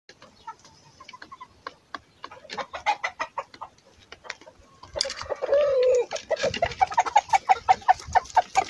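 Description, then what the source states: Chicken calling: soft scattered clucks, then a drawn-out tonal note followed by a quick run of repeated clucking notes. Rooster calling hens to come and eat watermelon.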